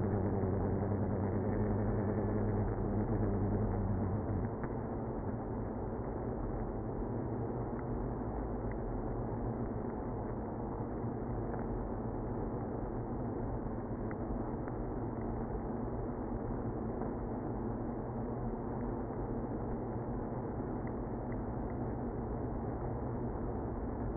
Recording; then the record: honeybee colony, microphone inside the hive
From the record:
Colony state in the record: queenless (queen removed); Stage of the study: after two queens were removed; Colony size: about 60,000 bees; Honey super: yes